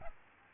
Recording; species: mosquito wingbeat signal from an infrared sensor; Aedes albopictus